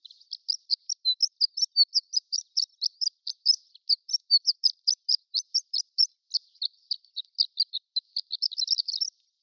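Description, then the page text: Horned lark giving a steady stream of high, thin, tinkling chips, several per second, with one brief pause, ending in a denser rapid flourish. Prairie horned lark subspecies; extended twittering. "Prairie Horned Lark Extended Twittering. Quick Sounds library"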